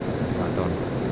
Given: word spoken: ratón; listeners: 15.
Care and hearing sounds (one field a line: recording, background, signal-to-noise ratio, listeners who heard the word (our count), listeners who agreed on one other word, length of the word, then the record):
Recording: one Spanish word in noise, from a listening test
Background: speech-shaped noise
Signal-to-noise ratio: -4.1 dB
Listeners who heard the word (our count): 4 of 15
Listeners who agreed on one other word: 9 of 15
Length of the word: 0.72 s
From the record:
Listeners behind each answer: 9, 4, 1, 1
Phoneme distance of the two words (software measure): 10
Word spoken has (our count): 2 syllables, 5 phonemes, stress on syllable 2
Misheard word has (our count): 2 syllables, 5 phonemes, stress on syllable 2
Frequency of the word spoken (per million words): 11.77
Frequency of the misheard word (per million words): 1.08